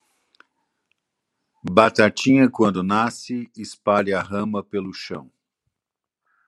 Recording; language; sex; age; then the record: short text; Brazilian Portuguese; male; 60 to 69 years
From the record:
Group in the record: control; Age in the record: 62 years